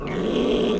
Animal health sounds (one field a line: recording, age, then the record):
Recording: pig call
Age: piglet (1 to 25 days)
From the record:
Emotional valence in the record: negative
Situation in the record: crushing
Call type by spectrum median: low-frequency call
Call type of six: low-frequency modulated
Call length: 0.80 s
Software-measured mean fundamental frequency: 64 Hz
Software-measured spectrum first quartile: 303 Hz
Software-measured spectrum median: 456 Hz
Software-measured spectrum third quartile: 1076 Hz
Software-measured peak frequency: 421 Hz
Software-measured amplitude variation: 101 dB a second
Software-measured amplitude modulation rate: 27.6 a second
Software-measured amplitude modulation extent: 3.7 dB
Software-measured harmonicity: 2.6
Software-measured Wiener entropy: -1.49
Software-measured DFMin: 621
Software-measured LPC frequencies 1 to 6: 418, 1102, 2154, 2834, 3255, 5014 Hz